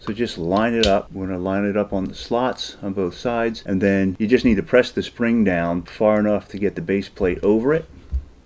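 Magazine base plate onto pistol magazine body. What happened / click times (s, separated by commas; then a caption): The part is being lined up and pressed, not yet seated / none. Someone talks while lining a magazine base plate up on the slots on both sides of a Canik Mete MC9 pistol magazine body, getting ready to press the spring down far enough to slide the base plate over it. Nothing has seated or clicked yet.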